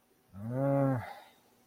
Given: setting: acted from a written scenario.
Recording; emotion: vocal sound without words; guilt